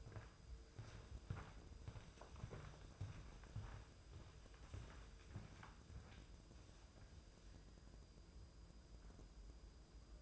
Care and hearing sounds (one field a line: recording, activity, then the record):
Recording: daily activity, microphone in the room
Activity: walk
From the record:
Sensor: 2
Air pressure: 995.8 hPa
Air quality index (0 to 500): 246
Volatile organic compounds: 1000 ppm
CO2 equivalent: 6069 ppm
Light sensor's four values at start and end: 32/76/33/37 and 33/79/35/39